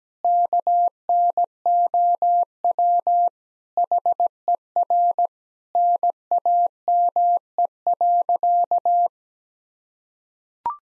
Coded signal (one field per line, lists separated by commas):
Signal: Morse code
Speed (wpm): 17 wpm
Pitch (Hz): 700 Hz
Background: none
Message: KNOW HER NAME.